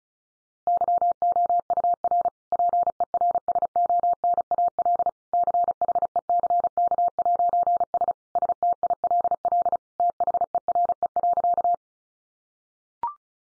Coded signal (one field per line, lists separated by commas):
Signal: Morse code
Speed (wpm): 34 wpm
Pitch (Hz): 700 Hz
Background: none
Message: YOUR PERSONAL CHECK'S STILL THERE.